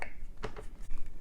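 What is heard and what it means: A Fuji X-T200 camera battery is handled and pressed against a universal charger while being worked into place, making brief plastic taps and scrapes around 0.0, 0.4 and 0.6 seconds. Nothing has seated or clicked yet; the battery is not yet home in the charger.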